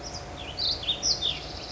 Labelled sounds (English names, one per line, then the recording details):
California Towhee
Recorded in Sonoma County, California